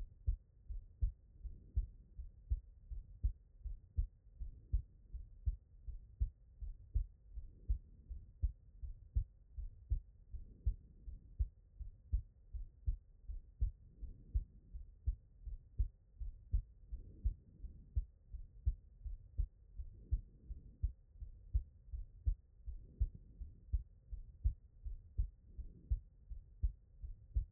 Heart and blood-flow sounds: heart sounds by stethoscope; pulmonary valve (PV)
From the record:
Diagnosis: non-HFrEF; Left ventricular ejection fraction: 64%

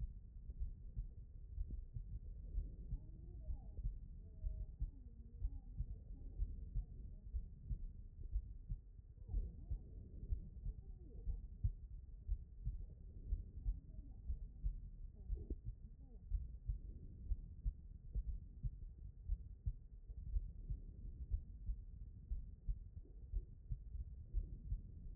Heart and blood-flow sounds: heart sounds by stethoscope; aortic valve (AV)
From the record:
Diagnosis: non-HFrEF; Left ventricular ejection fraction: 76%

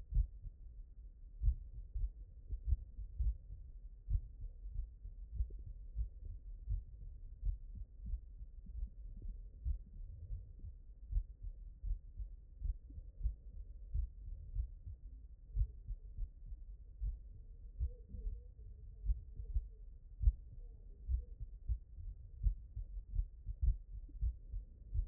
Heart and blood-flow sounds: heart sounds by stethoscope; mitral valve (MV)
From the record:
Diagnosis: HFrEF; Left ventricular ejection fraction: 37%

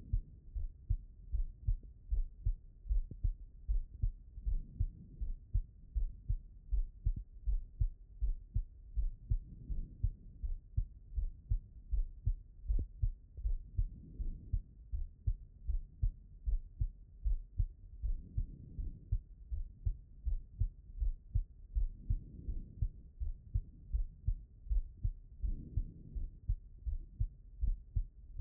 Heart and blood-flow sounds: heart sounds by stethoscope; pulmonary valve (PV)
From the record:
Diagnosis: non-HFrEF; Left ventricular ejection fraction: 64%

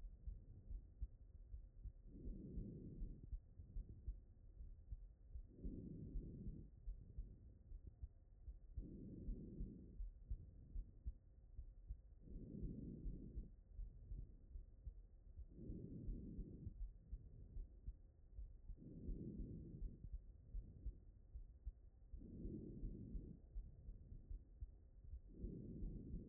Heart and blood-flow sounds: heart sounds by stethoscope; aortic valve (AV)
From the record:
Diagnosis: non-HFrEF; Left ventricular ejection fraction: 60%

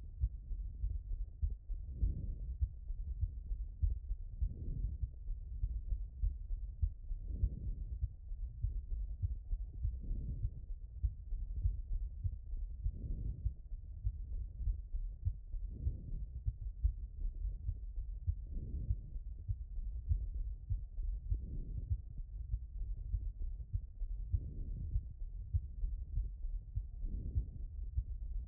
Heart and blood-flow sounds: heart sounds by stethoscope; aortic valve (AV)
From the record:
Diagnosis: HFrEF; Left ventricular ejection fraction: 18%

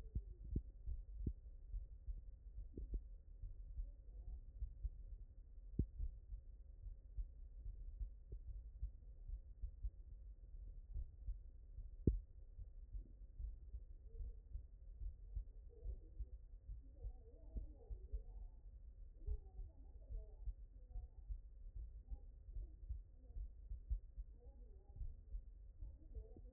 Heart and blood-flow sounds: heart sounds by stethoscope; tricuspid valve (TV)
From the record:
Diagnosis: non-HFrEF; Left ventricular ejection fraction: 61%

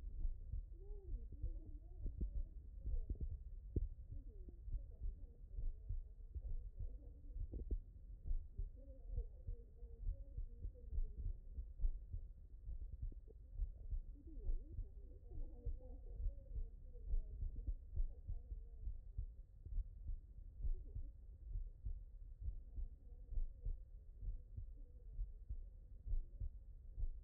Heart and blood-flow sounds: heart sounds by stethoscope; tricuspid valve (TV)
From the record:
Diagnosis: non-HFrEF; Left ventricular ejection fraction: 65%

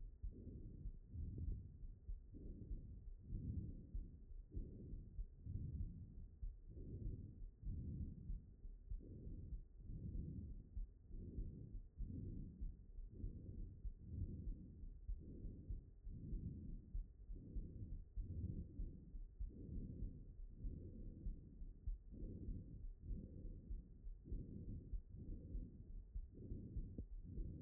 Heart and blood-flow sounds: heart sounds by stethoscope; aortic valve (AV)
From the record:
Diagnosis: HFrEF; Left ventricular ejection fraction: 17%

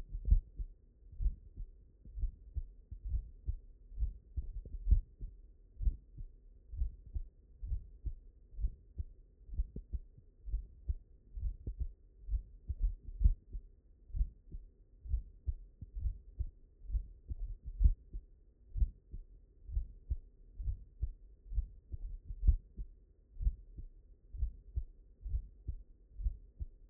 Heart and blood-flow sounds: heart sounds by stethoscope; mitral valve (MV)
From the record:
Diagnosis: non-HFrEF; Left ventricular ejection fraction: 68%

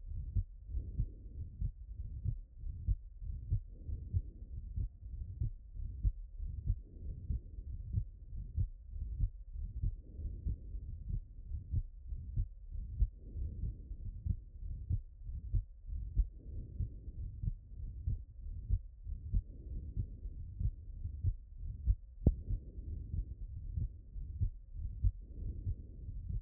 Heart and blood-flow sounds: heart sounds by stethoscope; tricuspid valve (TV)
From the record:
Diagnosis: non-HFrEF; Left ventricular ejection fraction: 47%

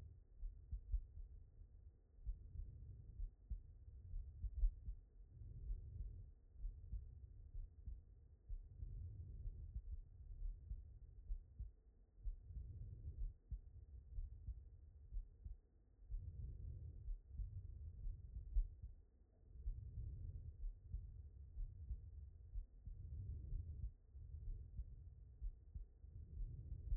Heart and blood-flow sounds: heart sounds by stethoscope; aortic valve (AV)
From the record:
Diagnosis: non-HFrEF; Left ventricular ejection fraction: 67%

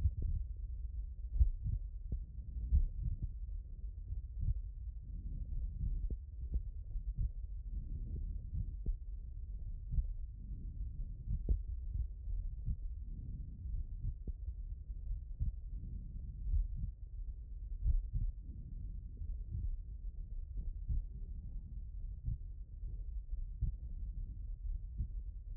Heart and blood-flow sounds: heart sounds by stethoscope; aortic valve (AV)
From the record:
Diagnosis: HFrEF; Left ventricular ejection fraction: 30%

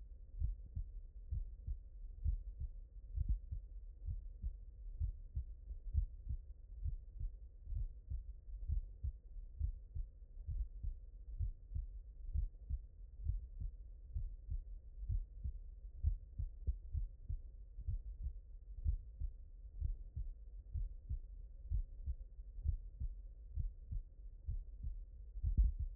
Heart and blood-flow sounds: heart sounds by stethoscope; mitral valve (MV)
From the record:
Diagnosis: non-HFrEF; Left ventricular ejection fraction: 69%

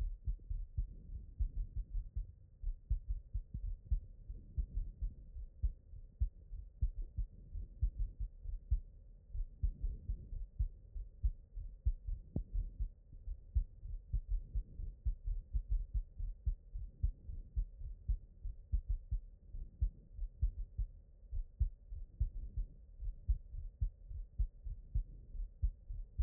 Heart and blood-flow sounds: heart sounds by stethoscope; pulmonary valve (PV)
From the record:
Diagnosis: non-HFrEF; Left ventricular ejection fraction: 44%

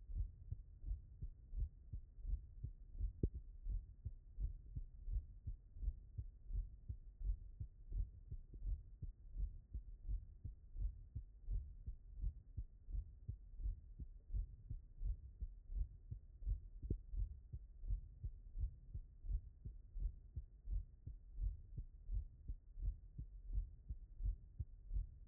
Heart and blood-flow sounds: heart sounds by stethoscope; tricuspid valve (TV)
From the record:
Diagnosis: non-HFrEF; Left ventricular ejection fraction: 65%

